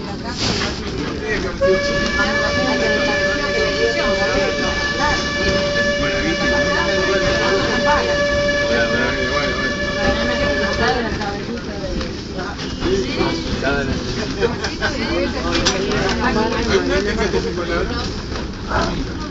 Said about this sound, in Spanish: Por ello invita a subirse a un antiguo tren de vapor, con bocina, traqueteo y robots especialmente diseñados para hacerles más entretenido y seguro el traslado al matadero.